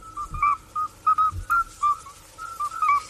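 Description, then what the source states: Common midwife toad calls, short pure whistled notes at a steady pitch, repeated in quick irregular succession. Played recording; frog calls are usually made by males during the breeding period.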